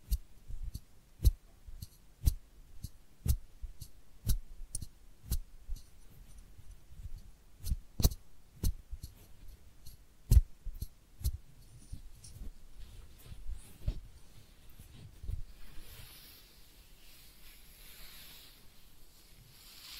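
Head massage and ear cleaning: sharp tapping clicks land about twice a second for the first twelve seconds, with soft low rubbing and thumps underneath. After that the taps thin out and a quiet hissy brushing fills the last few seconds.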